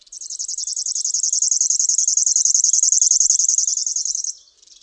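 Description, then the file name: River warbler song: a dry, high, insect-like rhythmic buzz of rapid pulses, held evenly for about four seconds before stopping abruptly. "STRUMIENIOWKA"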